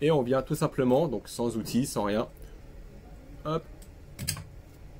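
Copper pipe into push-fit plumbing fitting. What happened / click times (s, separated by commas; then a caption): The pipe fitting clicked home / 4.3 s. A copper pipe is pushed by hand, with no tools, into a push-fit plumbing fitting while someone talks. After a short, quieter pause, a small sharp click sounds at 4.3 seconds as the fitting locks onto the pipe and seats.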